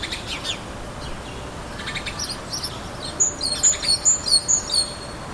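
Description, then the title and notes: Great tit song, a quick series of high two-note phrases repeated rhythmically for about two seconds, over a quiet background. Great tit's spring call. "Hummel Und Kohlmeise. Audioaufnahme einer Hummel +dem "Frühlingsruf der Kohlmeise""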